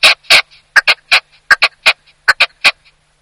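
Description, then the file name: Red-legged partridge song: coarse, grating chuck notes in uneven pairs and singles, each broad and noisy, with short gaps between bursts. Song played back from a recorder for spring population density estimates in a monitoring protocol. "Reseau Perdrix Rouge"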